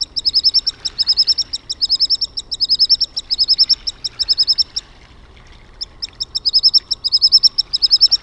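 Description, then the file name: Common Sandpiper giving fast, high-pitched trilled bursts, each a rapid run of thin notes, repeated in quick succession with a short pause midway. "RANTATASIPI"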